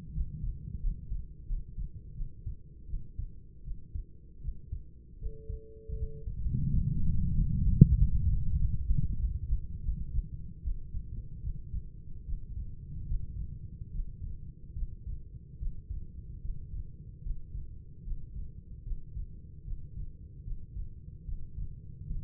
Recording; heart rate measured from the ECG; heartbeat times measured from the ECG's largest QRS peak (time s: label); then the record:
heart sounds by stethoscope; 79 bpm
0.11 s: heartbeat
0.79 s: heartbeat
1.45 s: heartbeat
2.13 s: heartbeat
2.86 s: heartbeat
3.62 s: heartbeat
4.40 s: heartbeat
5.17 s: heartbeat
5.95 s: heartbeat
6.68 s: heartbeat
7.33 s: heartbeat
7.95 s: heartbeat
8.56 s: heartbeat
9.17 s: heartbeat
9.82 s: heartbeat
10.62 s: heartbeat
11.41 s: heartbeat
12.24 s: heartbeat
13.06 s: heartbeat
13.91 s: heartbeat
14.74 s: heartbeat
15.57 s: heartbeat
16.40 s: heartbeat
17.21 s: heartbeat
18.03 s: heartbeat
18.83 s: heartbeat
19.63 s: heartbeat
20.43 s: heartbeat
21.24 s: heartbeat
22.07 s: heartbeat
From the record:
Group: healthy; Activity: rest 0-6 s, Valsalva maneuver 6-22 s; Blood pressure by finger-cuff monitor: 97/56 mmHg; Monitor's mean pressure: 68 mmHg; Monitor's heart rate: 77 bpm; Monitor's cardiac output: 6.8 L/min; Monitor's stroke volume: 80 mL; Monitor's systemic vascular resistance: 700 dyn s/cm5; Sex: female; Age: 26 years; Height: 165 cm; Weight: 55 kg